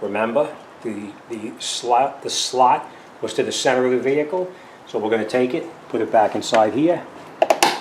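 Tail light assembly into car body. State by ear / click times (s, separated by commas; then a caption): seated / 7.4 s, 7.5 s, 7.6 s. Someone talks while the plastic tail light housing of a 2006 Honda CR-V is pushed back into the vehicle body, with its slot toward the center of the vehicle. Three sharp clicks at 7.4, 7.5 and 7.6 seconds mark the retaining clips snapping in, and the assembly locks into the body.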